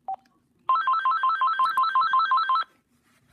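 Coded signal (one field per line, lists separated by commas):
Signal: none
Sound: phone ringtone beeps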